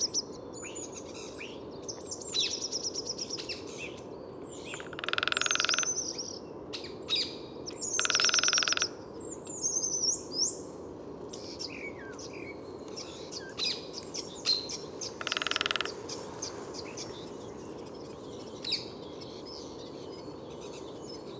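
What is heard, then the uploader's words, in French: Birdsong in the Bois de Vincennes: many chirps and trills over a steady low rumble, with loud bursts near five, eight and fifteen seconds. Entre 8h et 10h30 du matin - Bois de Vincennes - Nagra Seven - Telinga pro7. Météo radieuse et étonnante pour cette saison,qui résume un superbe safari sonore presque printanier dans le bois de Vincennes durant deux heures et demi. Le fond sonore est composé du sonouillard le brouillard sonore mais les chants d'oiseaux ressortent bien de cette rumeur de la ville.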